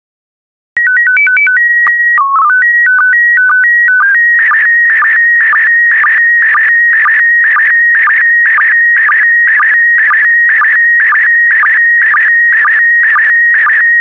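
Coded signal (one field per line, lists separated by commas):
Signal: SSTV (slow-scan television)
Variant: PD 120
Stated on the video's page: PD120 SSTV images.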